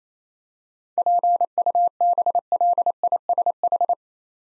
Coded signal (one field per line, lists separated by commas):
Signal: Morse code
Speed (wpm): 27 wpm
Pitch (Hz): 700 Hz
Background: none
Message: PUBLISH